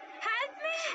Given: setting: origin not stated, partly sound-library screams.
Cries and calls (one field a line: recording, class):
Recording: one-second piece from a danger detection set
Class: woman in danger